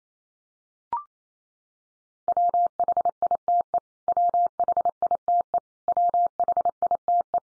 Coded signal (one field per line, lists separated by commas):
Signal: Morse code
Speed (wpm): 28 wpm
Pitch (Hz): 700 Hz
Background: none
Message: WHITE WHITE WHITE